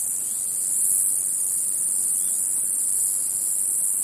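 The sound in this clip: Cicada song: a steady, piercing high buzz droning without pause, nothing else clearly heard.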